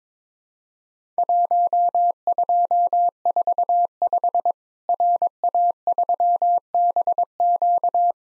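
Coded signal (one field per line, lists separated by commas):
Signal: Morse code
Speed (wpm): 22 wpm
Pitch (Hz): 700 Hz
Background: none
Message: 1245 RA3BQ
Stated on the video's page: Simulated Worked All Europe DX Contest QTC exchange practice at 22 wpm, with random repeat requests, each exchange sent twice in Morse.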